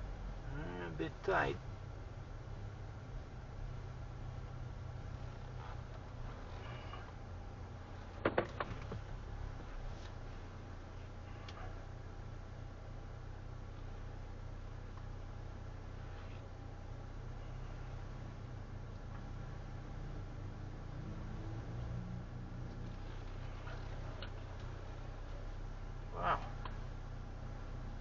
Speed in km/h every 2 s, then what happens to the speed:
8, 8, 7, 6, 0, 1, 1, 1, 1, 1, 0, 0, 0, 0.
0-5 steady at about 8. 5-8 slows to 0. 8-28 standing.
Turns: none.